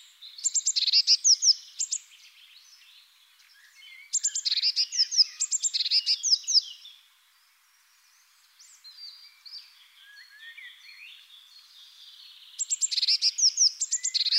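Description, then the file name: Eurasian blue tit making repeated bursts of sharp, high chirps and fast trills, separated by quieter, scratchy twittering. Recorded in the Netherlands. "MESANGE BLEUE hollande"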